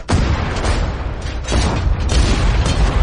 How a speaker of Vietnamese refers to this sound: Tô Bạch liên tiếp bóp cò súng, nhưng mà ở bên cạnh đối phương lại xuất hiện một tấm chắn màu đỏ như máu, hoàn toàn bảo vệ anh ta lại.